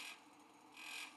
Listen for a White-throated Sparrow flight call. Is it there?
no